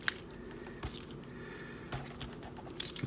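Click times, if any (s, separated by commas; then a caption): none. Someone pushes the inner gray plastic piece up inside the leg of a Maketoys Cross Dimension MTCD-01D Delta Manus transforming robot figure, trying to snap it into the front of the leg. Only faint plastic rubbing and light ticks and knocks are heard, sharpest near 0.1 s and 2.8 s. The piece has not seated or clicked into place yet.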